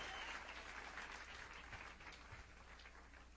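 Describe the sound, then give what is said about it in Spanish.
A church audience applauds Jesus Christ together in a dense, steady wash of clapping that holds strong for a few seconds and then eases slightly in volume. “Denle un fuerte aplauso al Rey de Reyes y Señor de Señores, porque Él es digno.”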